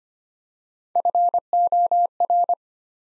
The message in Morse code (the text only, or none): FOR